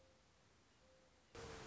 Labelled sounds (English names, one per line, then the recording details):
Mourning Dove
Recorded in Sonoma County, California